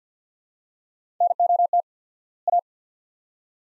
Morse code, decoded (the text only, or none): NOT A